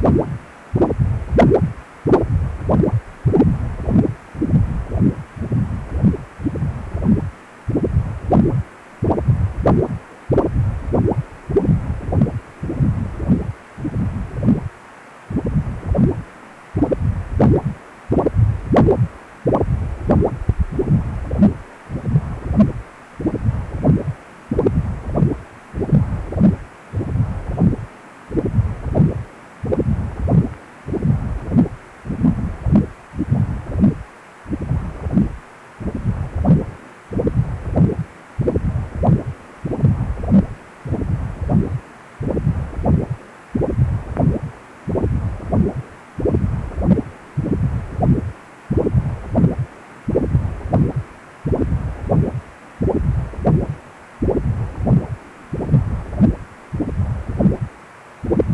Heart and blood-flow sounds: Doppler ultrasound of blood flow; precordium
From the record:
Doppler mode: continuous wave and pulsed wave in the uncut recording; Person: healthy adult, 18 to 50 years, no heart murmur, not diving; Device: 2.5 MHz transducer

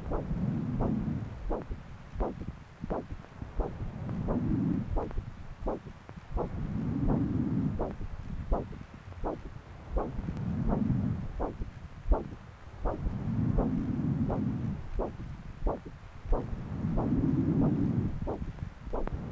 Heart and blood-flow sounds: Doppler ultrasound of blood flow; right subclavian vein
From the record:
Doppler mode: continuous wave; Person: adult scuba diver, at rest before a dive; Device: O'Dive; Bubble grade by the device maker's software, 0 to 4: 0

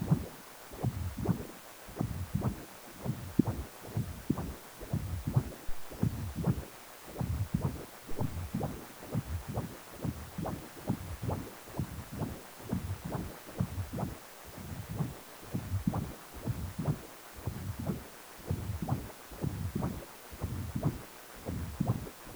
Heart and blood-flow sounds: Doppler ultrasound of blood flow; precordium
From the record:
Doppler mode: continuous wave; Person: healthy adult, 18 to 50 years, no heart murmur, not diving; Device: 2.5 MHz transducer

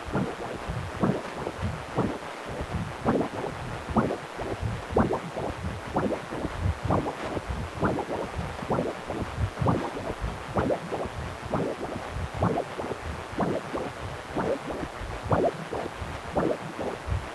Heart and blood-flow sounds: Doppler ultrasound of blood flow; precordium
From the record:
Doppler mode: continuous wave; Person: healthy adult, 18 to 50 years, no heart murmur, not diving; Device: 2.5 MHz transducer

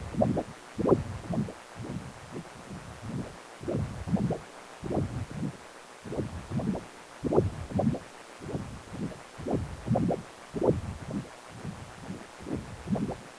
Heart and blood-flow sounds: Doppler ultrasound of blood flow; precordium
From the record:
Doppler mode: continuous wave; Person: healthy adult, 18 to 50 years, no heart murmur, not diving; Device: 2.5 MHz transducer

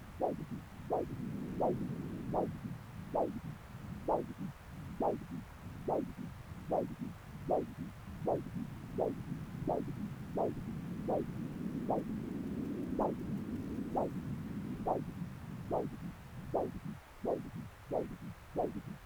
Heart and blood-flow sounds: Doppler ultrasound of blood flow; right subclavian vein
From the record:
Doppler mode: continuous wave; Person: adult scuba diver, at rest before a dive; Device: O'Dive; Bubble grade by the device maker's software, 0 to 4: 0

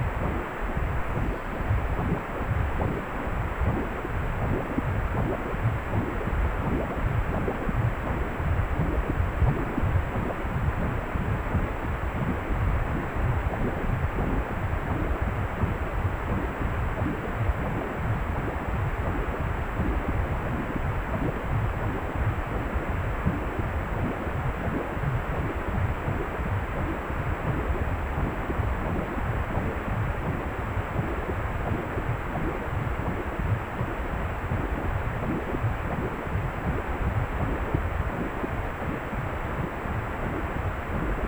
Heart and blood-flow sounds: Doppler ultrasound of blood flow; precordium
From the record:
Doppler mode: pulsed wave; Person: healthy adult, 18 to 50 years, no heart murmur, not diving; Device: 2.5 MHz transducer

